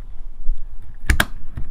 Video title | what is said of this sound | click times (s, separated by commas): Avet JX Raptor Reel Service | And you'll hear a clunking sound. That clunking sound is the sound that those teeth have meshed correctly. | 1.1 s, 1.2 s